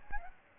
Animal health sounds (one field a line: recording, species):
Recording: mosquito wingbeat signal from an infrared sensor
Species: Aedes albopictus